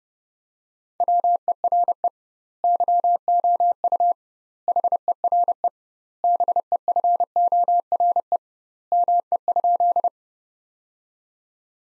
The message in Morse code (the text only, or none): WERE YOU HERE BEFORE ME?